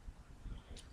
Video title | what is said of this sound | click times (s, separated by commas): Chuck's Reviews Transformers DOTM Legion Class Wreckers Take 2 | fold down his feet until they snap into place | 0.8 s